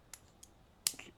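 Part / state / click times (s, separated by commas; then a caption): knife blade and pivot parts into the handle / seated / 0.9 s. During reassembly of a Kizer Grazioso folding knife, the blade, pivot and scales are worked back into the handle. Faint small clicks come at about 0.1 s and 0.4 s, then one sharp, loud snap at 0.9 s as the parts seat into place.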